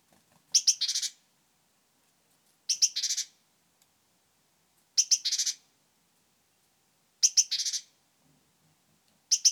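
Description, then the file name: Great tit churring call: two or three sharp clicks followed by a harsh, buzzy chatter, repeated every couple of seconds. "Parus major"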